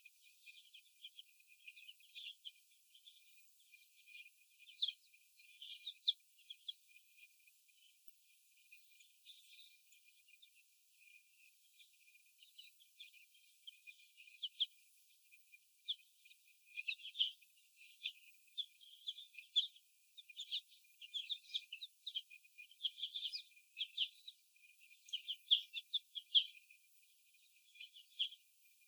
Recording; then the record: young laying hens in a cage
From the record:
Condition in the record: before the stressor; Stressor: sudden umbrella opening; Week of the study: 2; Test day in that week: 1